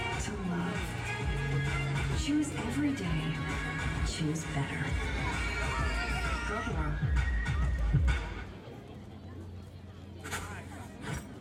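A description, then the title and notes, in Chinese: Recorded at a music festival, a dense mix of crowd chatter and voices fills the first eight seconds, with a steady low hum underneath. Around eight seconds the level drops, leaving quieter babble and the low drone, with a few brief bright clatters near the end. 錄音來自2020年漂遊者音樂祭現場收音，是真的噪音，但能讓你真實感受音樂祭的躁動與歡樂。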